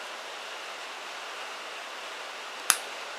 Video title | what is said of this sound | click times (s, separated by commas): Daban MG Sazabi Ver Ka, Part 2 (The LEGS) | okay satisfying click this is it the truster here is for | 2.7 s